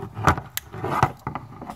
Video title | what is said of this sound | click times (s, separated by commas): How to install HID lights on a 2009 mitsubishi lancer | a clicking noise, it's in there. Okay. | 0.6 s